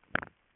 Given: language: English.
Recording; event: throat vibration sensor signal played as sound; swallow